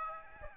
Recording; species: mosquito wingbeat signal from an infrared sensor; Aedes albopictus